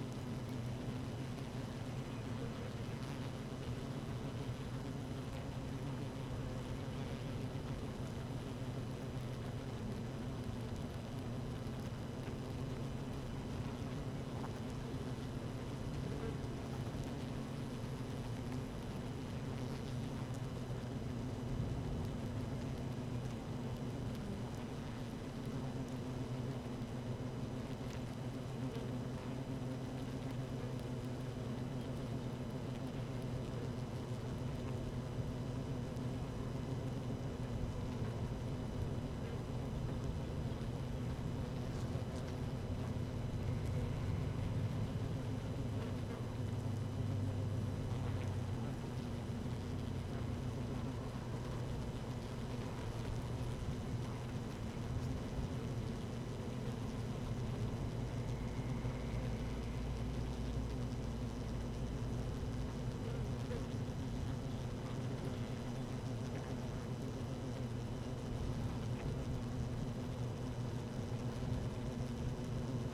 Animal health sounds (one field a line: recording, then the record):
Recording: honeybee colony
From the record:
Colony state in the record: active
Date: 12 June 2018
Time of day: 13:46